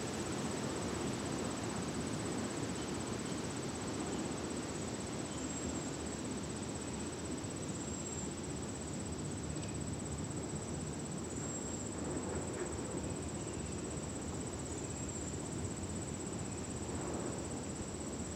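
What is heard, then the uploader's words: A distant train rumbles steadily through an outdoor dusk scene, joined by a constant high insect whine and a few faint bird calls. Catskills, Outdoor Dusk, Train In Distance by Bandeto.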